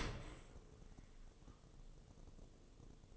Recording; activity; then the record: daily activity, microphone in the room; open dishwasher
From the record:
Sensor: 4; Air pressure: 1015.8 hPa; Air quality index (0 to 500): 96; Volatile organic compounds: 2 ppm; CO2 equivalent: 1072 ppm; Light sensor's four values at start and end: 9/19/7/7 and 8/18/7/7